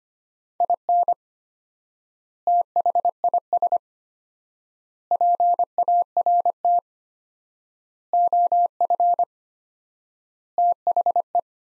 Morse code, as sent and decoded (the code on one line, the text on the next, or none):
.. -. / - .... .. ... / .--. .- .-. - / --- ..-. / - .... .
IN THIS PART OF THE